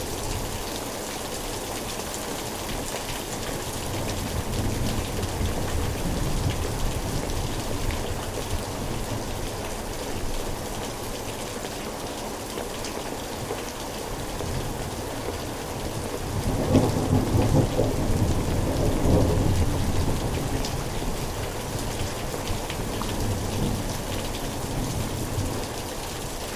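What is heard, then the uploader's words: A thunderstorm soundscape with steady, dense rain hissing throughout at an even level. Around 16 to 20 seconds a low rumble of thunder swells and fades, then the rain continues on its own to the end. A soundscape of thunderstorm recordings.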